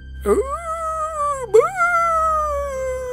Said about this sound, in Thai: และแล้วเสียงหมาหอนก็เกิดขึ้นเสียงมันดังหอนส่งกันมาเป็นทอดๆกำลังผ่านหน้าบ้านเธอไป